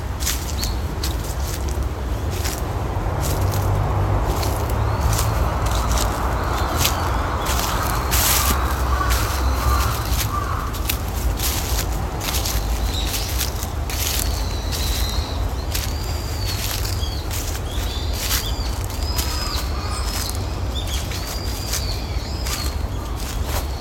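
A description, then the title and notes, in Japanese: Running water from a stream and waterfall rushes steadily throughout, dense and low, mixed with frequent dry crackles like footsteps on fallen leaves. Small birds chirp in short, bright, repeated calls, mostly in the second half. 朝、公園で聴こえてくる小川のせせらぎや滝のオト、小鳥のさえずりや落ち葉ふみなど。公園の朝散歩より631鳥たちの声。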